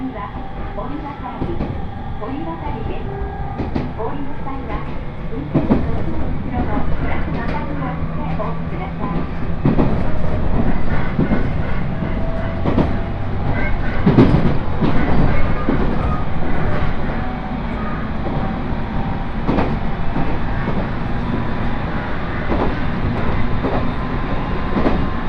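A ride inside a crowded train on the Uetsu Main Line toward Akita, with a dense, steady rumble throughout. Sharp clicks and knocks from the rails come often and irregularly, and the running noise grows louder after about five seconds.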